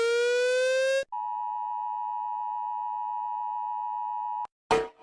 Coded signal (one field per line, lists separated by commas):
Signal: Emergency Alert System (SAME) tones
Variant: 853 and 960 Hz attention tone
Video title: Rating EAS alarms because I have nothing important to do in life right now